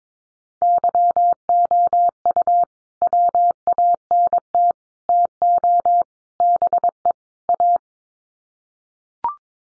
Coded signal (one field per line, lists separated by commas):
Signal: Morse code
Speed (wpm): 22 wpm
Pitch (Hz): 700 Hz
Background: none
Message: YOU WANT TO BE A